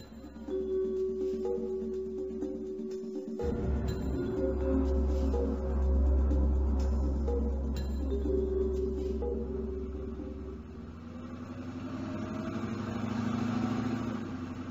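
A minibus engine at the door rumbles low and steady, then surges into a louder, rougher drone a few seconds in, holding strong before settling back to a softer idle hum. No one speaks.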